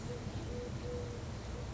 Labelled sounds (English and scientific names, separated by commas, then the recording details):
Eurasian Collared Dove (Streptopelia decaocto)
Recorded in Sonoma County, California